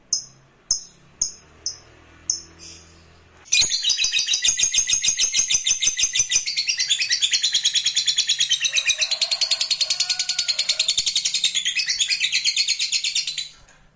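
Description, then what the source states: Lovebird song: a few short high chirps, then a sustained shrill chattering trill of rapid repeated notes lasting about ten seconds before stopping. Lovebird song played to stimulate lovebirds.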